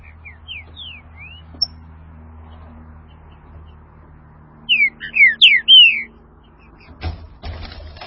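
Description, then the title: Green-winged saltator song: a few soft slurred whistles, then a loud phrase of rich descending whistled notes lasting over a second, followed by a brief clatter. "Trinca Ferro"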